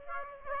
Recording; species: mosquito wingbeat signal from an infrared sensor; Aedes aegypti